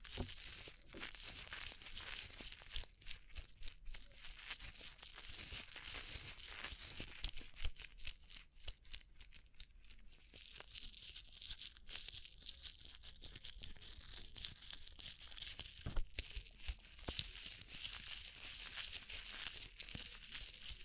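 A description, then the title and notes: Rhinestone-covered tapping fills the stretch with a dense, continuous patter of quick, bright clicks and crinkly scratches. The texture stays busy throughout, with sharper louder taps popping out now and then, especially around the middle and near sixteen seconds. ASMR Rhinestone Covered Tapping 3Dio (No Talking).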